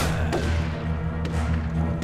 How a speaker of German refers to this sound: Hört mal. Das sind Schüsse. Nicht gerade weniger.